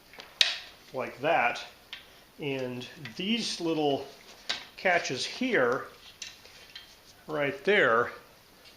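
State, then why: Not seated. Someone talks while handling an Aojin foldable rollator walker with seat, opening its folding frame so the small plastic side catches can lock it open. Brief handling knocks and taps occur between the speech, including a sharp hit near the start. The clip ends before the catches snap into place, so nothing has seated or clicked yet.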